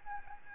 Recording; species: mosquito wingbeat signal from an infrared sensor; Aedes albopictus